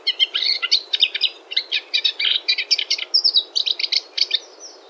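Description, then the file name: Moustached warbler song, a fast, scratchy chatter of rapid, varied notes running almost continuously throughout. "mariskenrohrsaenger"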